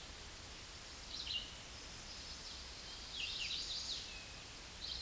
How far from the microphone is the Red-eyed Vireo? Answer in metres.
about 20 m